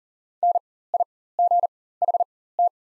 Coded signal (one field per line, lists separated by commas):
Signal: Morse code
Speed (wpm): 40 wpm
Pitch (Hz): 700 Hz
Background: none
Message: NIGHT